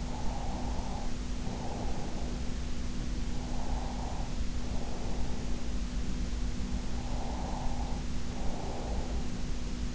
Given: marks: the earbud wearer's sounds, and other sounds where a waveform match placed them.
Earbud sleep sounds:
sounds in sleep by an in-ear microphone; breath
0.00-2.39 s: breath
3.33-5.75 s: breath
6.91-9.25 s: breath

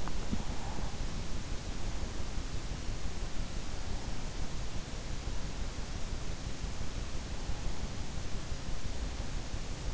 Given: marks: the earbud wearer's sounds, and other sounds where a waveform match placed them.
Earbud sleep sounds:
sounds in sleep by an in-ear microphone; breath
0.00-1.77 s: breath

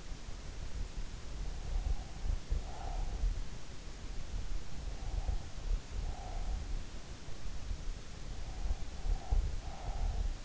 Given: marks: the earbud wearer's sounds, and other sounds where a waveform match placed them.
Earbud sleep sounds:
sounds in sleep by an in-ear microphone; breath
1.44-3.41 s: breath
4.67-6.80 s: breath
8.37-10.45 s: breath

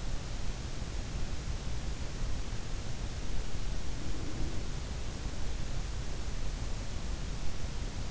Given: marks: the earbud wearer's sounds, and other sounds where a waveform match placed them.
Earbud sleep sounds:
sounds in sleep by an in-ear microphone; breath
3.93-4.69 s: breath

